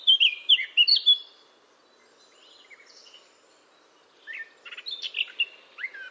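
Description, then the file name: Eurasian blackcap song: a loud burst of clear whistled notes at the start, a quiet pause, then a scattered series of sharper chirps and short whistles. "Sylvia atricapilla"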